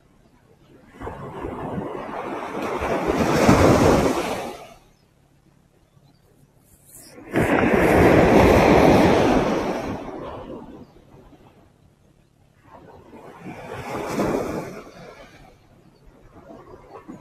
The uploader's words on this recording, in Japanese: 海岸で少し瞑想をしました。波の音。